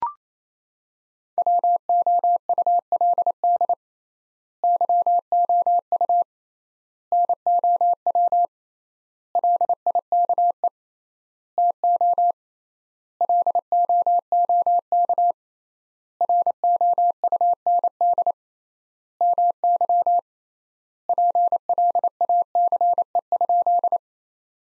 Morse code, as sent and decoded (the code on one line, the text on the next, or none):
.-- --- ..- .-.. -.. / -.-- --- ..- / -. --- .-- / .-.. .. -.- . / - --- / .-.. --- --- -.- / .-. --- ..- -. -.. / -- -.-- / .--. .-.. .- -.-. . ..--..
WOULD YOU NOW LIKE TO LOOK ROUND MY PLACE?